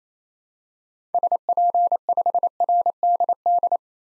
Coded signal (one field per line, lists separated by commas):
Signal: Morse code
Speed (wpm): 27 wpm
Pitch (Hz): 700 Hz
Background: none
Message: SP5RDD